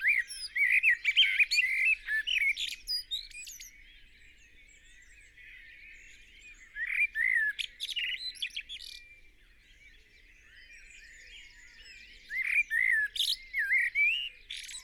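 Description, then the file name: Eurasian blackbird singing three mellow warbling phrases, each finishing with thin, high chattering notes, separated by quiet pauses. "Turdus merula"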